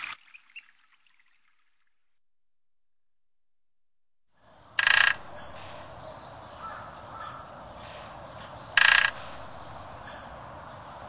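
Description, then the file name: Japanese pygmy woodpecker giving two short, harsh, buzzy calls about four seconds apart, after a near-silent start, over steady background hiss. "kogera"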